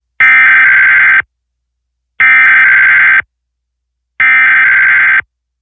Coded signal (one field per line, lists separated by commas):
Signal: Emergency Alert System (SAME) tones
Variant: header bursts